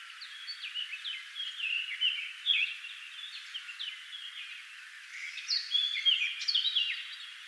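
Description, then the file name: Eurasian blackcap giving a fast, chattering warble of short slurred notes, varied and continuous, with a brief lull before a slightly louder burst near the end. "Sylvia atricapilla"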